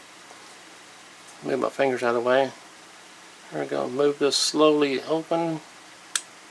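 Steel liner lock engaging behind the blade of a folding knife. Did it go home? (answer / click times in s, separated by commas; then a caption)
yes / 6.2 s. Someone talks while slowly opening the blade of a Smith & Wesson 3.6-inch tactical flipper folding knife, sold by Walmart, by hand. At 6.2 s a sharp tick is heard as the steel liner lock moves over behind the blade and snaps into place, locking it open.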